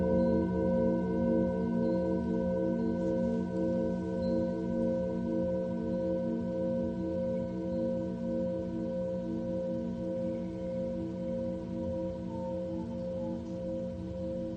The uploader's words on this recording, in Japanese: メキシコから シンギングボウルのサウンドヒーリング ライブ。